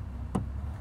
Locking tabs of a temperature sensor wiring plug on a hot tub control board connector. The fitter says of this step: clicks right in make